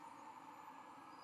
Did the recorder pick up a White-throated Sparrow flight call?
no